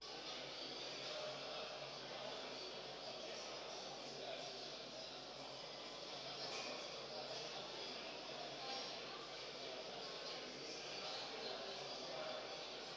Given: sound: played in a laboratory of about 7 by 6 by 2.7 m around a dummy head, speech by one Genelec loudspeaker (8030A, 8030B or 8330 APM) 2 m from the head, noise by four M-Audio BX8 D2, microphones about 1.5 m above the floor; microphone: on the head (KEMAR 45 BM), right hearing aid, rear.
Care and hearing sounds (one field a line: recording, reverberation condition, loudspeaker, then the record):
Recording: cafeteria noise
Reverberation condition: high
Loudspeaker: four, about 170 cm from the corners of the room and facing them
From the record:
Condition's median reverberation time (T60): about 1300 ms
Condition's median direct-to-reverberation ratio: about -4.0 dB